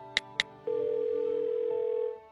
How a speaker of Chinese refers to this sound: 电话响了几声，接通了，仁义又听到了那个华丽又冰冷的声音。